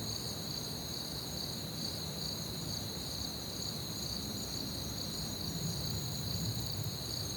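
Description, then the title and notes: Crickets chirping in a dense, continuous high-pitched chorus of several steady shimmering bands, with low background noise underneath. Crickets chirping at night in an orchard, recorded from a balcony on a Zoom H6; one take, with some compression and a touch of reverb added. "Crickets Under Stars. It was recorded on a Zoom H6, which was pointed into the orchard whilst I sat on the balcony listening to the night"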